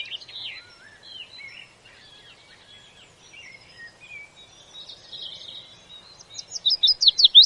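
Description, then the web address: Willow warbler song with short falling notes early on, quieter chirps through the middle and a clear phrase of quick descending notes at the end. "willow warbler"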